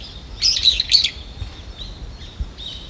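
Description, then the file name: Brown-eared bulbul calling: a burst of three shrill, harsh high notes in under a second, followed by fainter thin squeaks over quiet background hiss. "hiyodori"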